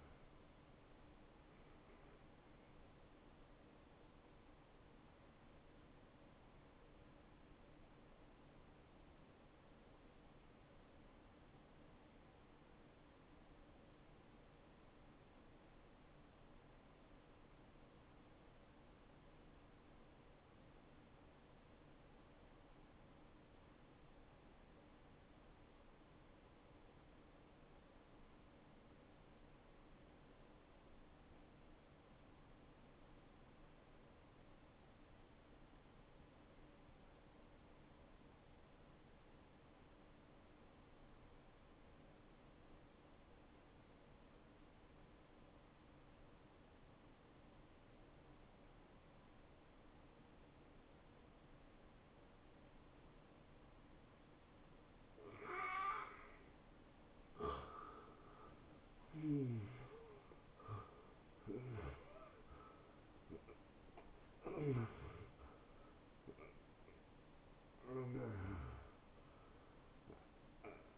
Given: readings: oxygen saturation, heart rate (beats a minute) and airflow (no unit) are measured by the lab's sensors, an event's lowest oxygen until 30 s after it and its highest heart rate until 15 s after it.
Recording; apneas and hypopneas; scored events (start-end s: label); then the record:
breathing in sleep by a voice recorder at the bedside; 1
6.00-57.30 s: hypopnea (N1, oxygen 93% highest, then 82% lowest, heart rate 78 at the start, 85 highest)
23.00-53.00 s: new sleep stage, N2 (light sleep)
53.00-70.98 s: new sleep stage, N1 (lightest sleep)
From the record:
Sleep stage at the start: N1 (lightest sleep); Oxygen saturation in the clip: 77 to 93%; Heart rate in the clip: 58 to 85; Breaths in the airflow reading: 12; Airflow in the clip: -15.6 to 10.1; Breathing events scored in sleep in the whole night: 263 in 5.5 hours asleep